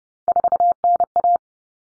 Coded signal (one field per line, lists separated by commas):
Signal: Morse code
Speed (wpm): 30 wpm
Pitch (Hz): 700 Hz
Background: none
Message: 4NA